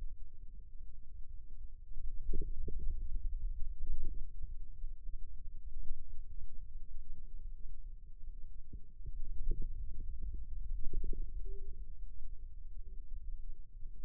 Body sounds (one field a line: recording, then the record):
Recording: forearm muscle sounds (acoustic myography)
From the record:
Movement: ulnar deviation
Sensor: system 2, bracelet of six BSWA MPA416 microphones around the upper forearm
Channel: 6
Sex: male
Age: 22 years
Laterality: right